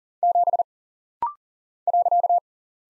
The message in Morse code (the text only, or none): 7 .